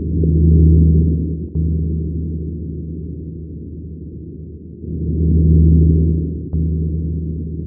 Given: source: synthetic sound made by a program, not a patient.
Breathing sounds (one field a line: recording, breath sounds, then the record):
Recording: synthetic breath sounds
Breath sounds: coarse crackles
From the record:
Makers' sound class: crackles